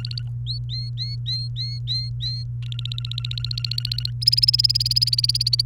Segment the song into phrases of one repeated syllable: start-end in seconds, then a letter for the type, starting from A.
0.00-0.22 A, 0.46-2.44 B, 2.62-4.10 A, 4.21-5.62 C